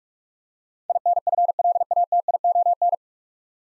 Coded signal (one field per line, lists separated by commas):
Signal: Morse code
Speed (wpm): 47 wpm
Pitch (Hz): 700 Hz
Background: none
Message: INFLATION